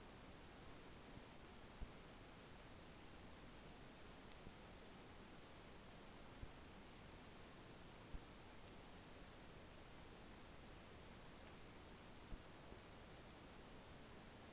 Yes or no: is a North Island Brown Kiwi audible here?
no